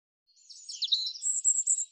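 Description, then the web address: European robin song, a rapid silvery jumble of high warbled notes. "cianscape birddata Deverinetal 2025 Bird Er Ru"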